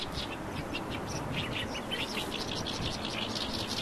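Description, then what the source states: Oriental reed warbler song: harsh, husky chattering notes repeated in quick bursts throughout, over steady background noise. Bird living in reeds by a reservoir backwater, heard close by; song described as husky, a serenade to find a mate.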